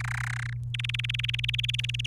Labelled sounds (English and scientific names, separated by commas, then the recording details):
Domestic Canary (Serinus canaria) song
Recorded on 29 April 2018 at 15:05
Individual llb3